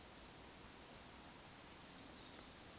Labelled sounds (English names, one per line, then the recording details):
Eurasian Woodcock whistle
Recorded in Baden-Württemberg, Germany, on 26 May 2020 at 19:50 UTC
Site 45304, 487 m above sea level